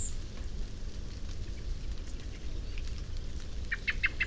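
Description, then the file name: Common blackbird giving a quick burst of four short, sharp notes near the end, over a steady low rumble and crackling background noise. "Turdus merula"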